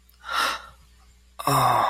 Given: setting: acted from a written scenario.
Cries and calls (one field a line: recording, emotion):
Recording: vocal sound without words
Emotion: awe